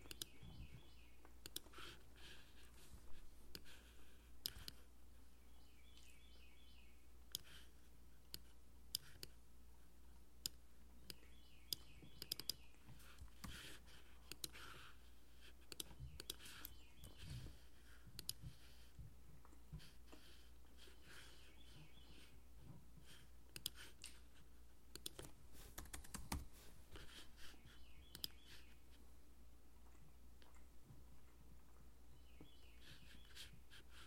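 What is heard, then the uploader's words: Someone works on a laptop indoors, tapping keys in irregular bursts with short pauses between. The clicks are crisp over a steady low hum, and faint bird chirps repeat in the background every few seconds. Working at home (quarantine). Sound of working on my laptop. Recorded with a Tascam DR-40.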